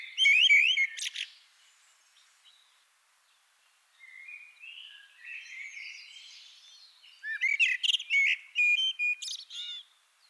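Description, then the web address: Eurasian blackbird delivering a loud fluty phrase, a pause, softer warbling, then another burst of rich notes and high twitters. "SETE data Turdus merula"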